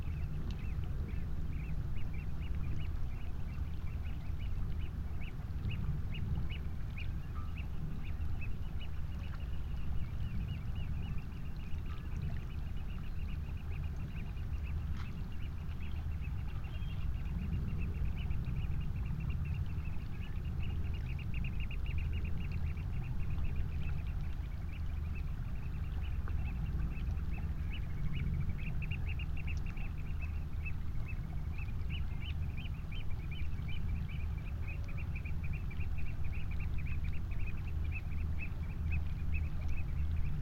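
Across tidal estuary waters, a steady low engine drone rumbles throughout while rapid chattering bird calls repeat in bursts.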